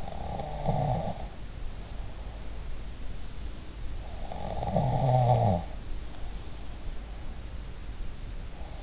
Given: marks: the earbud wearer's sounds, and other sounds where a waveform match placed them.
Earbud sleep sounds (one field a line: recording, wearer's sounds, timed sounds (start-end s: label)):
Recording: sounds in sleep by an in-ear microphone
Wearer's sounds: snoring breath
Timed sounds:
0.00-2.22 s: snoring breath
4.22-5.73 s: snoring breath